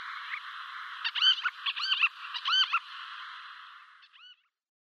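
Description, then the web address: White-tailed lapwing alarm calls: clustered bursts of sharp arched notes from about one to three seconds, then a quieter pause and a final brief pair. "Schulze Peter White-tailed Lapwing alarmcalls"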